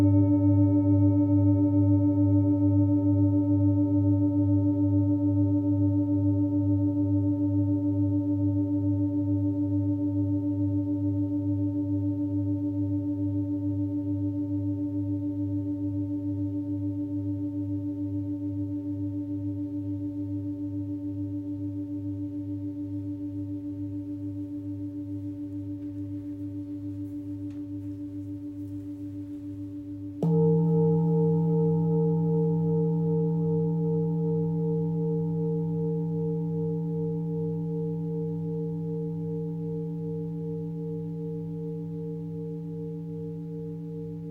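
Singing bowls ring in long, sustained tones with a slow, pulsing wobble, fading gradually over the first thirty seconds. Around the thirty-second mark a second bowl is struck, adding a slightly higher, fresh tone that again slowly decays. Nothing else intrudes on the quiet.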